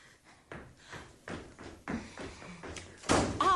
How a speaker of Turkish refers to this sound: Neden çarpıyorsun kapıyı?